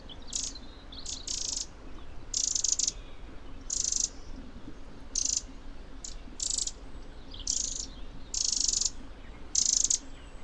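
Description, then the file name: Eurasian wren producing many rasping, churring bursts, irregularly spaced, each lasting under a second, over quiet background noise. "Troglodytes troglodytes"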